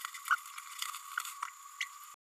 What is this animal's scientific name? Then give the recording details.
Forpus passerinus. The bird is a female. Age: 29 days. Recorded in a nest box in Venezuela. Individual 17B102A5